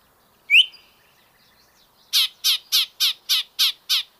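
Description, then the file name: Yellow-breasted chat giving one sharp upslurred whistle, then a pause and seven harsh, evenly spaced chack notes in quick succession. "Yellow breasted Chat Icteria virens"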